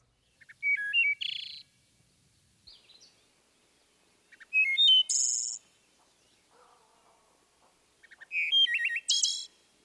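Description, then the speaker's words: Wood Thrush song: three flute-like phrases about four seconds apart, each opening with soft notes, then a clear liquid phrase ending in a fast fluttering trill. Song built around a flute-like 'Eole' phrase and variations, between introductory and ending notes; final phrase of fast fluttered notes, sometimes like a metallic trill. "Listen for this flute-like phrase and its variations, sandwiched between introductory and ending notes."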